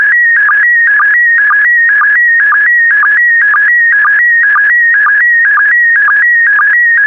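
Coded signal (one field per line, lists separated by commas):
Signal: SSTV (slow-scan television)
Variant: PD120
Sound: steady warbling whistle near 1.9 kHz, dipping rhythmically about twice a second with short low blips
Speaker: Five, four, three, two, one. Transmission complete. You can now check your decoded image against the picture that is shown on the video.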